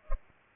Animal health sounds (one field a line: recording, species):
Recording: mosquito wingbeat signal from an infrared sensor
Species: Culex pipiens